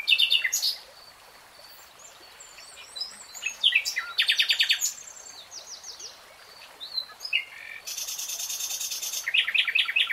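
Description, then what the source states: Nightingale singing a varied stream of chirps, rattles and trills, including a harsh buzzy burst and fast repeated notes, separated by short pauses. Nightingale singing, real time.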